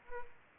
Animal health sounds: mosquito wingbeat signal from an infrared sensor; Culex pipiens

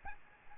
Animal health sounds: mosquito wingbeat signal from an infrared sensor; Aedes albopictus

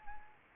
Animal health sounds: mosquito wingbeat signal from an infrared sensor; Anopheles arabiensis

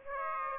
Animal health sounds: mosquito wingbeat signal from an infrared sensor; Aedes aegypti

